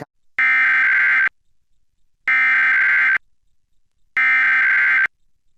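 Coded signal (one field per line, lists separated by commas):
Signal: Emergency Alert System (SAME) tones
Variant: header bursts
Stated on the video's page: National Periodic Test of the Emergency Alert System, nationwide live activation, as aired by San Antonio TV and radio stations and stations in Wyoming and Virginia.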